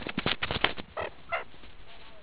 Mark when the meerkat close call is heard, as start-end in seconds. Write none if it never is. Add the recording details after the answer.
0.96-1.10. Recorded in the Kuruman River Reserve, South Africa. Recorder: an audio tag on a meerkat's collar